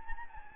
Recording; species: mosquito wingbeat signal from an infrared sensor; Anopheles gambiae